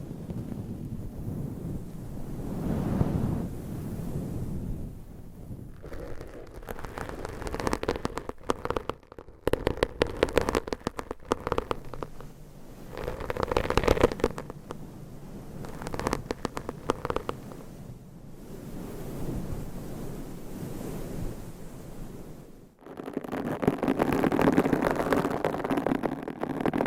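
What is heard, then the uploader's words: Rough scratching of long nails across microphones, a dense rasping rumble that swells and fades. Around six to twenty-two seconds it breaks into rapid crackling, clicky strokes with brief gaps, then a sudden pause near twenty-three seconds before heavy, bassy scratching resumes. ASMR Mic Scratching Brain Scratching with 20 MICS & XXL ULTRA LONG NAILS No Talking.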